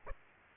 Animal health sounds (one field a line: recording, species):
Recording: mosquito wingbeat signal from an infrared sensor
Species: Aedes aegypti